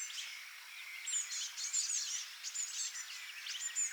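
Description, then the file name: Eurasian blackcap: busy, overlapping high chirps and short twittering notes, nearly continuous. "Sylvia atricapilla"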